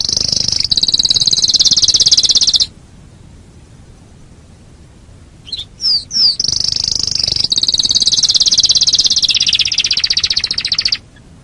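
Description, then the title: Canary singing a long, high, rolling trill, falling silent, giving a few whistled notes, then launching into another long trill. "Kenari"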